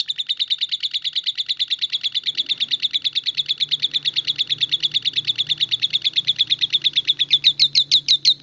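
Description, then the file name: Lovebird delivering an extended rattling trill of shrill, rapidly repeated notes, steady throughout and turning louder and more emphatic in the last second, over a quiet low hum. "audio lovebird star melinda omkicau"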